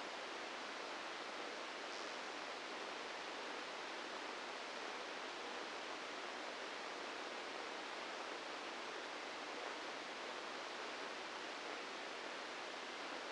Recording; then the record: brain microelectrode recording played as sound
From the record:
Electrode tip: inside the subthalamic nucleus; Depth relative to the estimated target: -2 mm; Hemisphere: left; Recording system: NeuroSet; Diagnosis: Parkinson's disease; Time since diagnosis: 9 years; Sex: female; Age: 51 years